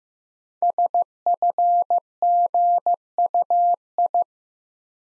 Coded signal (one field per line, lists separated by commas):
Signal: Morse code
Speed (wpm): 15 wpm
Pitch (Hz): 700 Hz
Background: none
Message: SFGUI